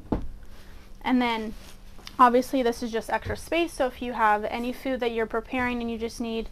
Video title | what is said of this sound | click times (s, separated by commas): Experience this week's Newmar Difference. The 2022 Super Star 4059. | section right here so you're going to go ahead and pull that up and that's going to lock into place | 0.1 s